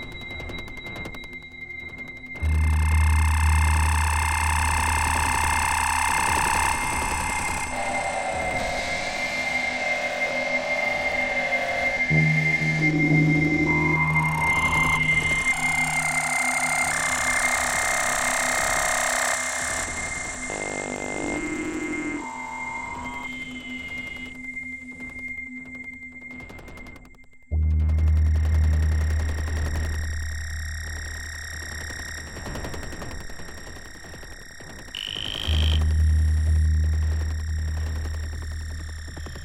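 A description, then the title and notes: Experimental electronic drone with a steady high whine running throughout, layered with wavering, warbling tones that swell and thicken through the middle. Low pulsing notes come in bursts, and after a brief drop near 27 seconds the layered drone returns with sharp chirps. Experimental electronic drone noise.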